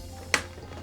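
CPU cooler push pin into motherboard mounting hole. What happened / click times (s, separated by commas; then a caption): The plastic push pin snapped into place / 0.3 s. A plastic push pin of a CPU cooler, on the diagonal corner for cross tightening, is pressed into a motherboard mounting hole. A single sharp click sounds at 0.3 s over a low steady hum, and the pin is seated.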